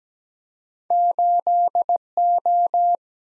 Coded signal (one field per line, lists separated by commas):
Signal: Morse code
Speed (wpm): 17 wpm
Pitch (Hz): 700 Hz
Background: none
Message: 8O